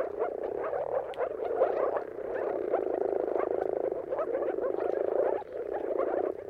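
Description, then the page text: Moor frogs calling together, a continuous gurgling chorus of rapid soft pulses. Moor frogs in a mating chorus at sunrise, at the turn of March and April, timing depending on the weather. "Jakub-Orzecki moor frogs. Dawn’s Chorus: Mating Calls of Marsh Frogs at Sunrise. Depending on the weather at the turn of March and April, you can witness an amazing spectacle of moor frogs. earth.fm"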